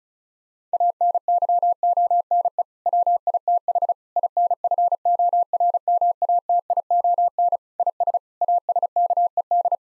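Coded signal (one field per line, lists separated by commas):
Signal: Morse code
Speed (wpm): 36 wpm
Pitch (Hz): 700 Hz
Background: none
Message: ANYONE WITH INFORMATION IS ASKED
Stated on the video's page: Head-copy practice: six-word common English phrases sent in Morse at 35 wpm, each sent, then spoken, then sent again.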